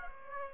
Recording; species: mosquito wingbeat signal from an infrared sensor; Aedes aegypti